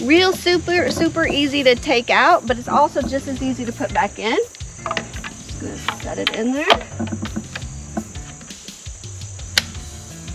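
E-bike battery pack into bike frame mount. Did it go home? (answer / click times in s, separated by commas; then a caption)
yes / 9.6 s. Someone talks while setting the removable battery pack of a Ride1up e-bike back into the bike frame mount and pushing it home, with small knocks around 4.9 s, 5.3 s, 7.6 s and 8.0 s. A loud, sharp latch click at 9.6 s marks the battery fully seated back on. A steady high-pitched hiss runs underneath throughout.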